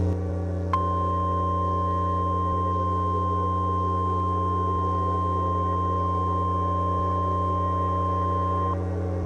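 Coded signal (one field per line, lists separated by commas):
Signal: Emergency Alert System (SAME) tones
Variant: 1050 Hz attention tone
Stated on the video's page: Fictional EAS short with loud noises.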